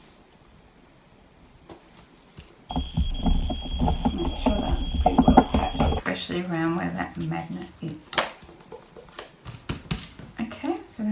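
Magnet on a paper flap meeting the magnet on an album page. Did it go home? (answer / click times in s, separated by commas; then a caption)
no / none. Someone talks while handling a paper flip-out flap on a handmade mini album page, the flap fitted with an embedded magnet that is meant to snap onto the magnet on the page. A steady high tone plays under the talking from about 2.7 to 6.0 s, with soft handling taps around 4.5–5.4 s and scattered light knocks and rustles later. Nothing has seated or clicked yet; the flap has not been folded shut when the clip ends.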